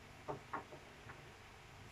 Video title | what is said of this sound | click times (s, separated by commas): ASSESSING BODY TEMPERATURE- RETURN DEMONSTRATION | and sliding it on and letting it snap into place so | 0.5 s